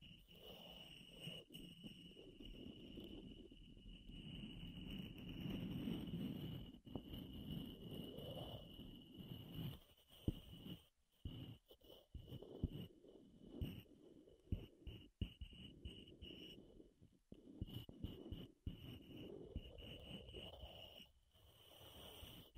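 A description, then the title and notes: Wooden rubbing and tapping sounds, dense and low, break into choppy bursts with short silences after ten seconds, over a steady high whine. ASMR Wood Triggers in Your Ears (No Talking).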